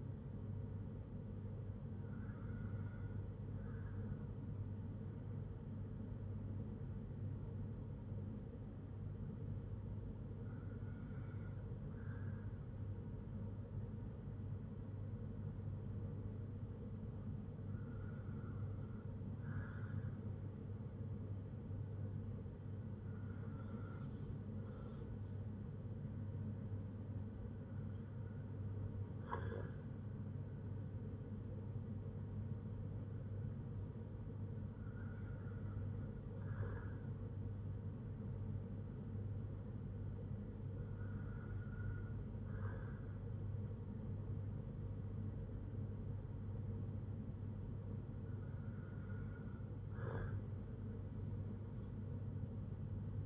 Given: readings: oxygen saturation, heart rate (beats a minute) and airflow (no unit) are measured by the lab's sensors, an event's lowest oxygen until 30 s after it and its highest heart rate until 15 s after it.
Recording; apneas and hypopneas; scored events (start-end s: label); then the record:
breathing in sleep by a smartphone at the bedside; none
7.00-53.26 s: new sleep stage, N2 (light sleep)
From the record:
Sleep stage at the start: N1 (lightest sleep); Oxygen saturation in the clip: 95 to 96%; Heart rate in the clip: 56 to 78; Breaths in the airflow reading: 8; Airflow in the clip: -4.8 to 6.2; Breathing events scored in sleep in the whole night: 182 in 7.4 hours asleep